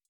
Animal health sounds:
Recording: hydrophone in a shrimp aquaculture tank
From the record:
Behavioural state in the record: feeding

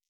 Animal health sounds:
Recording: hydrophone in a shrimp aquaculture tank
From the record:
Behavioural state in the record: stressed

